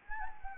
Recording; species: mosquito wingbeat signal from an infrared sensor; Anopheles gambiae